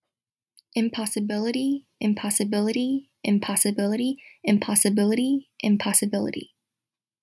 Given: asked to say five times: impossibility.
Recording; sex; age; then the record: repeated word; female; 20 to 29 years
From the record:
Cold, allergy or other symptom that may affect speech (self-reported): no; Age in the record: 21 years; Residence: New York, United States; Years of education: 12